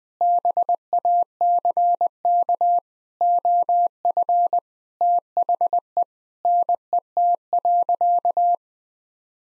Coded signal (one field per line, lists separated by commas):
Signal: Morse code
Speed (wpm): 21 wpm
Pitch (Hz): 700 Hz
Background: none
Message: BACK OF THE NET.